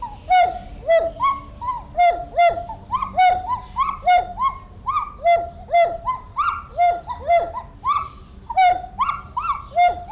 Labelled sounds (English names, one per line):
Pileated Gibbon call